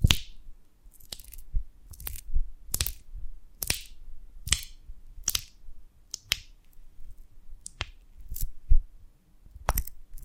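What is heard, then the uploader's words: Honeycomb on a branch handled for ASMR, with a string of sharp crackling and snapping sounds about once or twice a second. Each crack is crisp and bright, some followed by brief sticky, crunchy tails, over a quiet low rumble between them. ASMR of a Honeycomb on Branch (No Talking).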